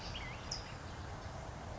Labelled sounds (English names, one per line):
California Towhee